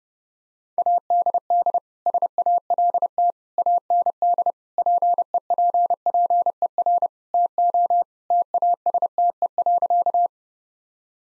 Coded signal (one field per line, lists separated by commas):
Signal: Morse code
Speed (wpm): 32 wpm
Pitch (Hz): 700 Hz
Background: none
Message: ADD SALT AND PEPPER TO TASTE.